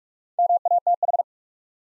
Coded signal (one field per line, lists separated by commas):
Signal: Morse code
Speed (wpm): 44 wpm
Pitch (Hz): 700 Hz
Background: none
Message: MATH